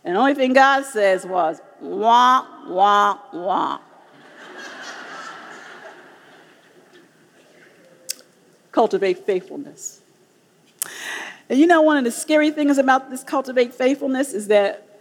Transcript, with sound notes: The only thing God said was, “Wah, wah, wah.” (laughter) Cultivate faithfulness. Do you know, one of the scary things about this thing of cultivating faithfulness is that